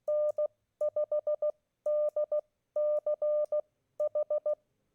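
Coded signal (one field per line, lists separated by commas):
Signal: Morse code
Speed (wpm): 16 wpm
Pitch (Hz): 600 Hz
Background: none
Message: N5DCH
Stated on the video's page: Morse contacts made during a Parks on the Air park activation.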